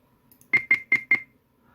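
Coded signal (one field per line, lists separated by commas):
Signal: roger beep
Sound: four quick bright beeps at about 2 kHz, then silence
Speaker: Let me just turn up my volume over here, and that one there is set to 4 tones.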